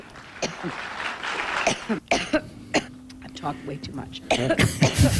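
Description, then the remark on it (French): An 8-minute montage of Hillary's repeated harsh coughs cut together one after another, some in quick bursts, with a few throat-clearing sounds and brief voiced fragments between them. “Et alors, ce qu'ils ont fait pour prouver un peu le problème, ils ont fait un montage de 8 minutes des toux de Hillary.”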